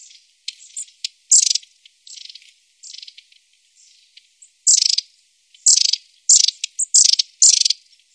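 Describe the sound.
Long-tailed tit vocalizations, very high thin buzzy bursts and sharp ticks in irregular series, louder rattling trills toward the end.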